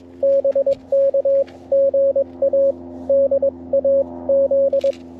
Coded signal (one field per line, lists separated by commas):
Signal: Morse code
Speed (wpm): 19 wpm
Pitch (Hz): 560 Hz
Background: radio noise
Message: BK GA DAZ